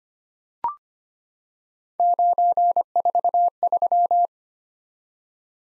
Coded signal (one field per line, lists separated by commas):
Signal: Morse code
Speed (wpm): 26 wpm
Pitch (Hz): 700 Hz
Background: none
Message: 943